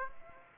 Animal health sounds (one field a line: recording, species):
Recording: mosquito wingbeat signal from an infrared sensor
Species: Aedes aegypti